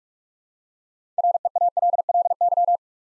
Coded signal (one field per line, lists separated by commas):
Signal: Morse code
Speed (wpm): 44 wpm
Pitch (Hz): 700 Hz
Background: none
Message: REALLY